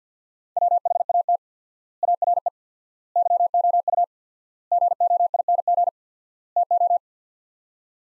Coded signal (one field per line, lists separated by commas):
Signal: Morse code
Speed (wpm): 48 wpm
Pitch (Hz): 700 Hz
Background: none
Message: WHAT ARE YOU GOING TO